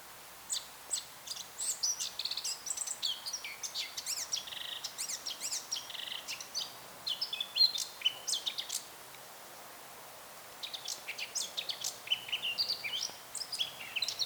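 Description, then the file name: Eurasian blackcap song, a fast run of varied high chirps and twittering phrases, pausing briefly near ten seconds before resuming. "Sylvia atricapilla"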